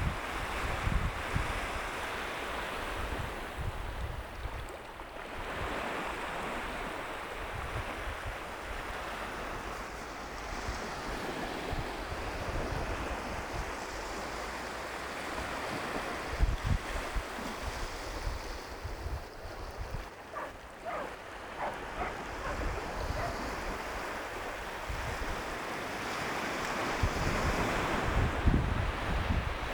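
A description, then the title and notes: Waves wash over a pebbly beach while a warm wind buffets the microphone, adding low rumbling gusts throughout. The surf is steady and dense, with brief clattering of stones around 20 seconds and a louder surge of water near the end. Nairn Beach. Warm southerly winds at my back as I set foot on the beach. Sand sitting above the high tide line and gathering at the groyne. A pebbly stony beach. The wave eroded red rocks looking like a mountain range in miniature.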